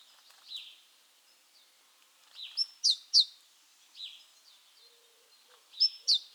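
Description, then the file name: Great tit calling: bursts of a thin level note and two sharp falling notes, with softer similar notes in between. "Parus major"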